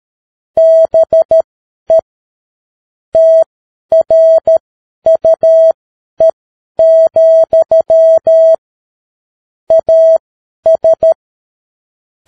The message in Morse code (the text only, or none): BE TRUE, AS